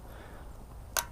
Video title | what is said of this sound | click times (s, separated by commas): Harley Davidson Bar & Shield Self Locking Fuel Cap Unboxing and Installation | you could hear it click it makes a distinct click back to Center okay | 1.0 s